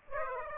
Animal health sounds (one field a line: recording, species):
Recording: mosquito wingbeat signal from an infrared sensor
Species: Aedes aegypti